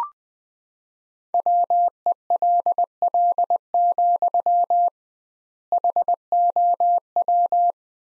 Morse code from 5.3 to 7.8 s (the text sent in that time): HOW